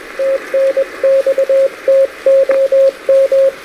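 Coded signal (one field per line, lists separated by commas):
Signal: Morse code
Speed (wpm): 21 wpm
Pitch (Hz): 540 Hz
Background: radio noise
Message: TNXTOM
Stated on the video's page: QRP Parks on the Air activation on a rainy day, sent with a Vibroplex Original Deluxe bug on an Elecraft K2 into an AX3 antenna.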